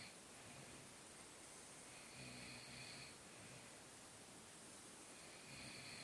Snoring like a pig.